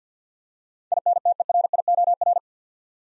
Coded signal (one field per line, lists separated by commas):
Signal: Morse code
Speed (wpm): 47 wpm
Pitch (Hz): 700 Hz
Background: none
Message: INTERIOR